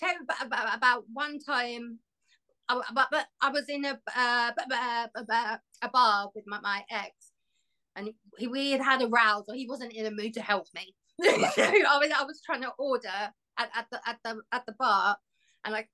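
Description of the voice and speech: Adult woman's conversational speech with part-word and word repetitions, stretched sounds and blocks, typical of stuttering. The stammer began in adulthood, about four years earlier, triggered by trauma after losing her mother to suicide and then lockdown. She also has anxiety tics, and her stammer is always changing.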